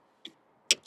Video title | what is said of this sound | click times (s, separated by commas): Difference Between EV Chargers | Make sure we have that secure connection. And you hear that click. And that's really it. | 0.7 s